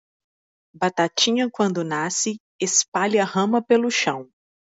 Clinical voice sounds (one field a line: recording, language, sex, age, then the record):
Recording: short text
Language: Brazilian Portuguese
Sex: female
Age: 30 to 39 years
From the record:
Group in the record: control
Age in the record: 37 years